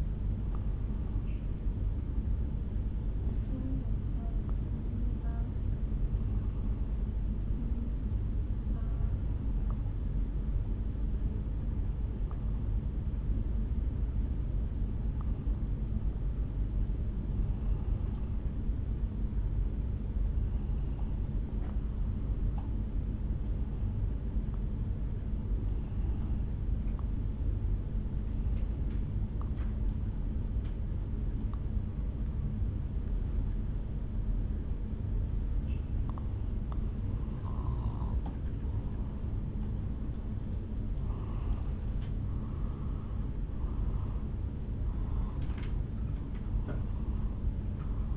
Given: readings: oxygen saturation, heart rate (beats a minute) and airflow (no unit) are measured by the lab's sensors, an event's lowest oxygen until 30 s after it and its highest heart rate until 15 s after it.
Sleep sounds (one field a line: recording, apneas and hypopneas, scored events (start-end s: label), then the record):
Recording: breathing in sleep by a smartphone at the bedside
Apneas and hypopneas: 1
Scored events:
5.00-38.20 s: hypopnea (N1, oxygen 92% highest, then 87% lowest, heart rate 65 at the start, 72 highest)
From the record:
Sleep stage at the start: N1 (lightest sleep)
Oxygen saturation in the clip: 88 to 92%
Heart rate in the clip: 61 to 72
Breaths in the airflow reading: 17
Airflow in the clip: -5.1 to 3.4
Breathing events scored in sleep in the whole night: 449 in 7.0 hours asleep